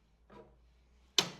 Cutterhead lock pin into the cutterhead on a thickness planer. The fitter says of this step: it locks in at each of the different blades, which is great.